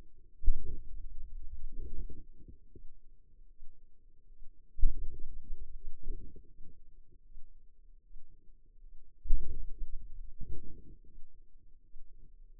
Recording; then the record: forearm muscle sounds (acoustic myography)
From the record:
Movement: hand opening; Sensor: system 2, bracelet of six BSWA MPA416 microphones around the upper forearm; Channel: 1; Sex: female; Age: 23 years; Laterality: right